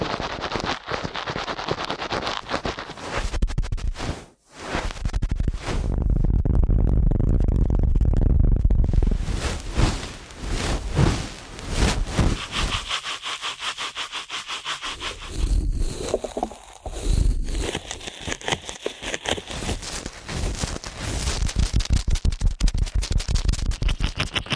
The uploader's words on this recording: ASMR Ear Cleaning at Helicopter Speed.